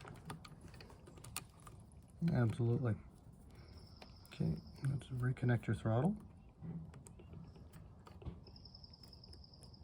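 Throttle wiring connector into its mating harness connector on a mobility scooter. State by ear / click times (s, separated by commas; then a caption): not seated / none. A person handles the plastic throttle wiring connector plug while reconnecting it to its mating harness socket on a TravelScoot Escape mobility scooter during throttle replacement. Someone talks, with soft rustling and small plastic taps in between. Nothing has seated or clicked yet.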